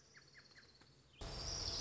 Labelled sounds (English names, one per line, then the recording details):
Orange-crowned Warbler
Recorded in Sonoma County, California